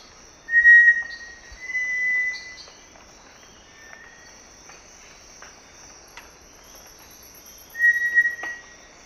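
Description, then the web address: Cinereous tinamou giving clear, steady whistles, one pair early, a fainter note midway and another sustained note near the end, over a constant high-pitched insect hum. Duet; South American eastern lowlands. "S America Eastern Lowlands Crypturellus cinereus, duet"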